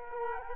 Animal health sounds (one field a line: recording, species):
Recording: mosquito wingbeat signal from an infrared sensor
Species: Culex quinquefasciatus